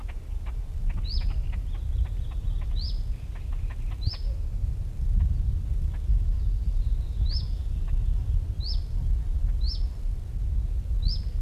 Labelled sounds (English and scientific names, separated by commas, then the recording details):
Great Crested Grebe (Podiceps cristatus) courtship call
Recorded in the wild
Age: adult
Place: Mühlenbecker See, Brandenburg, DE
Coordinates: 52.6894, 13.395
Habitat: Waldsee
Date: 1975-05-11 12:17
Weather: bedeckt, windstill, 20°C
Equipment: Uher CR 210, Sennheiser MD 421, Verstärker, Kopie Uher 4200
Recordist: Tembrock, Günter